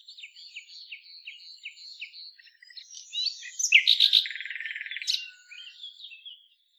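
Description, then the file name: Common nightingale song: a row of short repeated chirps, then a loud burst of sharp notes and a fast churring trill, fading into soft twitters. "Luscinia megarhynchos"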